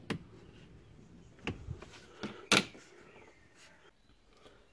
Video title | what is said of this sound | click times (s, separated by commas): How to install & upgrade car Speakers Ford Mondeo MK3 | click this back into place and what | 2.5 s